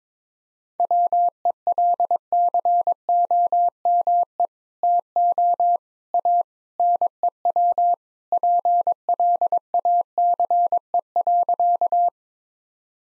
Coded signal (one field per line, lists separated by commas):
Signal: Morse code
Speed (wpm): 22 wpm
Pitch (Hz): 700 Hz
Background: none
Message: WELCOME TO A NEW PLACE.